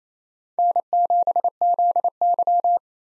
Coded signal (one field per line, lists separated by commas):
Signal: Morse code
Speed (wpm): 27 wpm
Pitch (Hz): 700 Hz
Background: none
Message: N7ZY